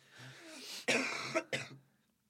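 After a soft, breathy intake, an adult man who is ill gives two forceful, harsh cough bursts about half a second apart. The first is longer and breaks into a second push near its end. There is no wheeze or stridor between the bursts.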